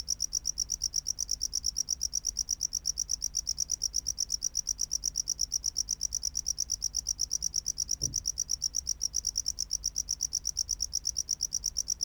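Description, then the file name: Tropical house cricket song: steady rapid high chirps, with one brief low thump partway through. "Bio Acoustica Gryllodes sigillatus"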